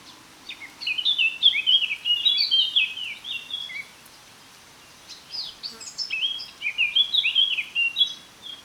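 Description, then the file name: Eurasian blackcap singing fast, jumbled warbling phrases of high, fluty and scratchy notes, pausing briefly before resuming. "Sylvia atricapilla"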